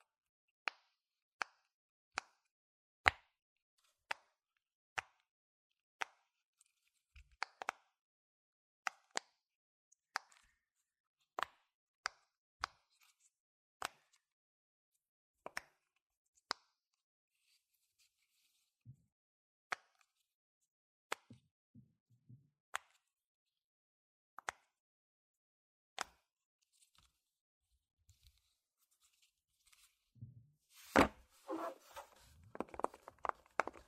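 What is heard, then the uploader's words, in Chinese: Sharp, crisp pops from a stress-relief fidget board sound one at a time, roughly every half second to second. The pace loosens midway, with a few soft thumps, and near the end a burst of rustling, scraping handling noise takes over. 紓壓板｜POP IT。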